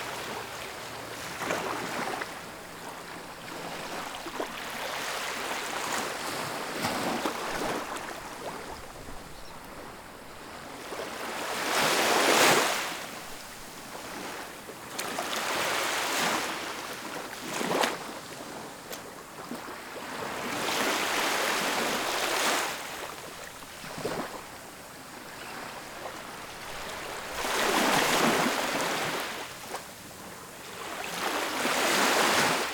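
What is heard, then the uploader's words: Splashy waves wash in against a cliff, each surge rising to a loud, hissing crash, with the biggest near 12 and 28 seconds. Between breakers, a constant fizzing wash of water fills the gaps, punctuated by smaller slaps every few seconds. Splashy Waves Near Cliff.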